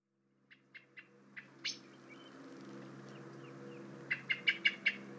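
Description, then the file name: Common blackbird giving spaced chink notes, a pause with soft chirps, then five quick sharp chinks at the end. "Turdus merula"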